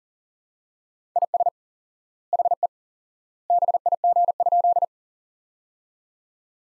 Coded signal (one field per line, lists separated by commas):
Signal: Morse code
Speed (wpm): 38 wpm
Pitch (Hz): 700 Hz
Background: none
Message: IS HE BIG?